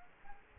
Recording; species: mosquito wingbeat signal from an infrared sensor; Culex quinquefasciatus